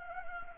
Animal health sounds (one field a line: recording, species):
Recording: mosquito wingbeat signal from an infrared sensor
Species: Anopheles gambiae